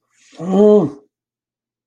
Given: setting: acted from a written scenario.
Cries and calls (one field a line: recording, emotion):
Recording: vocal sound without words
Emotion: distress